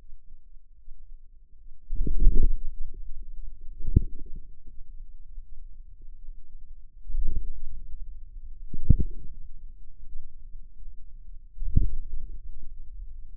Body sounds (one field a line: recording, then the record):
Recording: forearm muscle sounds (acoustic myography)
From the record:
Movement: inward rotation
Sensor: system 2, bracelet of six BSWA MPA416 microphones around the upper forearm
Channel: 5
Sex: female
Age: 23 years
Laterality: right